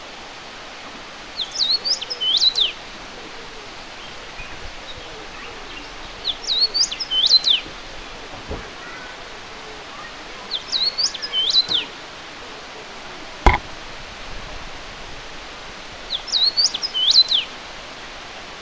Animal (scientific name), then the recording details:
Carpodacus erythrinus. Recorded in the wild. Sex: male. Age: adult. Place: Rerik-Meschendorf, Ostseeküste, Mecklenburg-Vorpommern, DE. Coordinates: 54.1289, 11.6439. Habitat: urban area. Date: 1994-05-29 15:00. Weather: 15°C, weak winds. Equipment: Sony TCD-D3, Sennheiser ME 80, K 30 AV (III). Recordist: Frommolt, Karl-Heinz. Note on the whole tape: Ostseecamp Seeblick: Gesang eines ausgefärbten Tieres (9 Strophen), sitzt auf Holunderbaum in 7 m Höhe, Entfernung 20 m